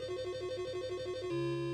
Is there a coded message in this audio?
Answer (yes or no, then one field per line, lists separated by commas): no